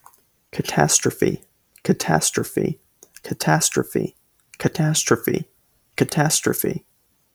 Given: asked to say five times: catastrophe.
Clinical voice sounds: repeated word; male; 18 to 19 years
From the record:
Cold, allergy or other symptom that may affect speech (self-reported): no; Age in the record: 18 years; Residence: North Carolina, United States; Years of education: 12

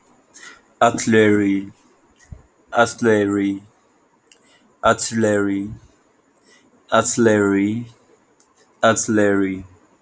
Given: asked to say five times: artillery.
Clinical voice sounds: repeated word; male; 20 to 29 years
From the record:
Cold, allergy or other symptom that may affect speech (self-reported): no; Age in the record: 25 years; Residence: California, United States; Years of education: 16

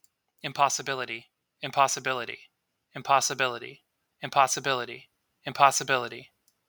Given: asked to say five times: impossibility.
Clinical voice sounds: repeated word; male; 30 to 39 years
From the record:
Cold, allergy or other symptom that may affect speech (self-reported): no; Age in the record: 32 years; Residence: Texas, United States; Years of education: 16

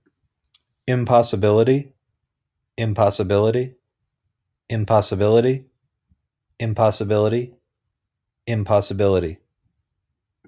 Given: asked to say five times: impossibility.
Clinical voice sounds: repeated word; male; 40 to 49 years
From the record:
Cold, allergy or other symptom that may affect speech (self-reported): no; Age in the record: 41 years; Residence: Ohio, United States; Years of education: 20

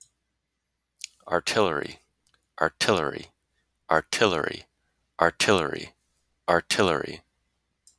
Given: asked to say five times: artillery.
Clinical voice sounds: repeated word; male; 20 to 29 years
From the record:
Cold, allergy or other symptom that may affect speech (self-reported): no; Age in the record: 26 years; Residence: Florida, United States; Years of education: 16

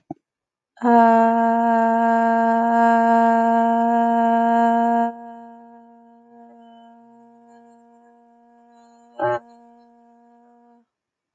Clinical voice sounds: vowel held as long as possible; female; 20 to 29 years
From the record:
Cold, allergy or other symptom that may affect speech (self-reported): no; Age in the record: 25 years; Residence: California, United States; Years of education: 15

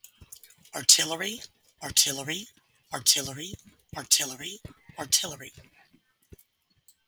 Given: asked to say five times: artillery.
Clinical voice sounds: repeated word; female; 50 to 59 years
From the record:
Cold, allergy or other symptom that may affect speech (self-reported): no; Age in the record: 50 years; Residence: Mississippi, United States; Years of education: 14

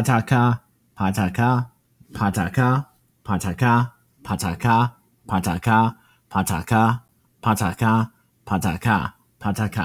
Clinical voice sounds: repeated syllables /pa ta ka/; male; 30 to 39 years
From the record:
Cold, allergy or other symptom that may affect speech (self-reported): no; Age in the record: 34 years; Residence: Mississippi, United States

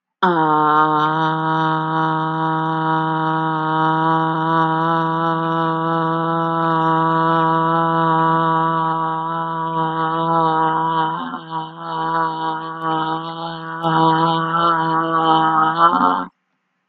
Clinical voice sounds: vowel held as long as possible; female; 40 to 49 years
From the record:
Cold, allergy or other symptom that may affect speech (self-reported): no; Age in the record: 40 years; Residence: Alabama, United States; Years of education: 16

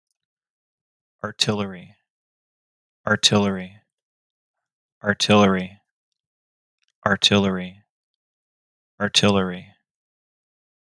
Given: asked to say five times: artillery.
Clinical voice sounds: repeated word; male; 20 to 29 years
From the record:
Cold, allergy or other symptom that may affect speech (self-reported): no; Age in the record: 29 years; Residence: Florida, United States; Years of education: 17

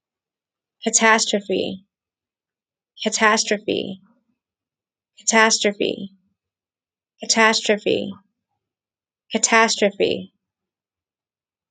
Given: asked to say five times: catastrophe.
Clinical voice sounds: repeated word; female; 30 to 39 years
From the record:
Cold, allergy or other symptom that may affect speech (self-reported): no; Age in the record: 33 years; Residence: Pennsylvania, United States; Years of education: 13

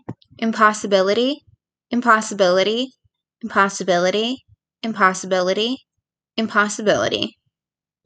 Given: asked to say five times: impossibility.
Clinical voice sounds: repeated word; female; 20 to 29 years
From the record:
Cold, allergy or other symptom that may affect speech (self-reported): no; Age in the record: 20 years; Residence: Pennsylvania, United States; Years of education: 14

